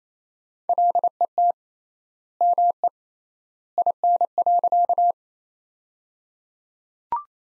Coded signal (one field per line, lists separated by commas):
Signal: Morse code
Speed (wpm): 28 wpm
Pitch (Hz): 700 Hz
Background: none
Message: LET ME IN.